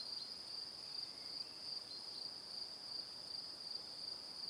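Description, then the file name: Crickets chirping in a steady, high, pulsing chorus that runs unbroken through the whole stretch. Crickets in the evening. "Calm - Evening Crickets"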